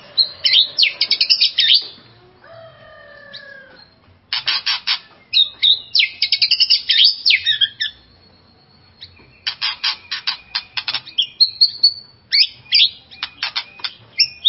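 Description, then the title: White-rumped shama song: loud bursts of harsh, buzzy and chattering notes mixed with short whistled phrases, in rapid series separated by brief pauses. "murai batu"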